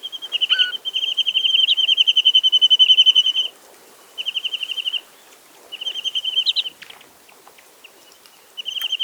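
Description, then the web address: Chinese nuthatch delivering several bouts of rapid, level, high-pitched trilled notes separated by short pauses. "Chinese nuthatch. صدای-پرنده-کمرکولی-چینی"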